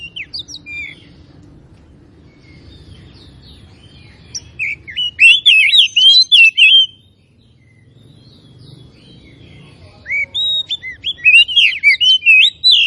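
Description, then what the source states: Oriental magpie-robin singing in two bursts of rich, rapid whistles and twisting slurs, separated by several seconds of near quiet with a faint low background hum. Known locally as kacer; labelled Tretes; described as gacor, singing actively and continuously.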